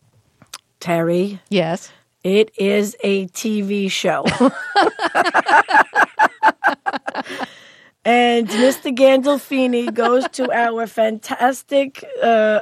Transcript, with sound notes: Terry...
Yes.
It is a TV show.
(LAUGHTER)
And Mr. Gandolfini goes to our fantastic